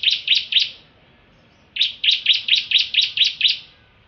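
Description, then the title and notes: Bar-winged prinia giving quick high chirps, three notes, a pause, then a rolling run of about eight similar notes. Full chirping song with continuous rolling song style (ngerol). "Suara Kicau Burung Prenjak Lengkap dan Ngerol"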